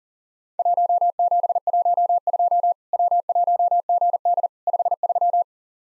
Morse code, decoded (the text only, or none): 1712 W1GD 53